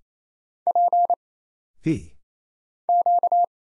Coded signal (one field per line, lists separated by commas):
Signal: Morse code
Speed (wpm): 27 wpm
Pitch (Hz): 700 Hz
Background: none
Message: P Q